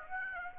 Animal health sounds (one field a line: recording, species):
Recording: mosquito wingbeat signal from an infrared sensor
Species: Aedes aegypti